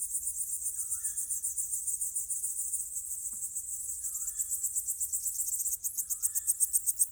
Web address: Crickets_owls_summer night. Ivo Vicic - Natural ambiences vol 1